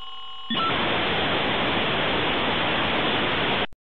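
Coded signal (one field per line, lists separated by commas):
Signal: dial-up modem handshake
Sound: brief faint tones, then three seconds of loud steady telephone-band hiss that stops abruptly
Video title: Modem Taking A Long Time To Connect To The Internet (Sound Effect - HD)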